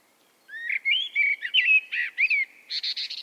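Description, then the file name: Common blackbird singing a warbled phrase of rich, fluty notes that ends in a quick, high, scratchy twitter. "Turdus merula"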